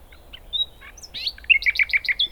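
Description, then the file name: Common nightingale song: a thin pure whistle, then a burst of rich notes and a fast run of repeated throaty chuckling phrases, loud and clear against a quiet background. "Luscinia megarhynchos"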